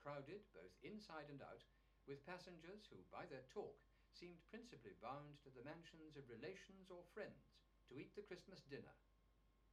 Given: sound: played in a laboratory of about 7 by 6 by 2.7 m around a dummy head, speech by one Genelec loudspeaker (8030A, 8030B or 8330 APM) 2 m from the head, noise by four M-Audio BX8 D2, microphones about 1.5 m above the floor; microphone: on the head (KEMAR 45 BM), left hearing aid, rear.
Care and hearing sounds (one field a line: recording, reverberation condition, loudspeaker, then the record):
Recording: male speech in English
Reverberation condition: low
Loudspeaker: 60 degrees to the left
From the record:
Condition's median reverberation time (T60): about 310 ms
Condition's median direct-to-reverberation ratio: about 3.5 dB